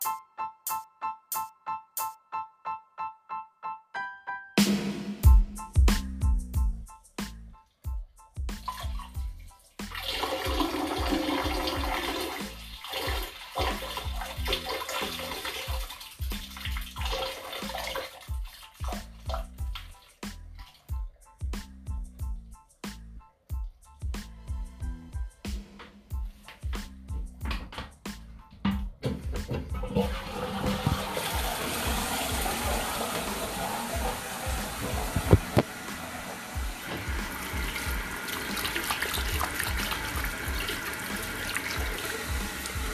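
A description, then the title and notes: A series of short electronic beeps opens, then a toilet flushes with a deep rushing gurgle that churns and sputters in bursts. Around thirty seconds a brighter, steady hiss of running water takes over, like a tap for hand washing. Now with FLUSHING sounds and HAND WASHING!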